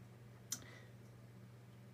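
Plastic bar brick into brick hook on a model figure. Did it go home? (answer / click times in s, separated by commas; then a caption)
yes / 0.5 s. A plastic bar brick on a model figure's belt/backpack is pressed into a little brown brick hook, a mating part that holds it in place so it doesn't flap. A single sharp plastic click sounds at 0.5 s over a steady low hum, and the bar seats in the hook, needing only a little twist and bump to sit fully in.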